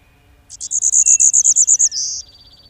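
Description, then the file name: Golden-winged warbler singing a fast series of high, clipped buzzy notes, then a sustained lower buzz, with a faint thin whistle before and after. "Golden winged Warbler Vermivora chrysoptera"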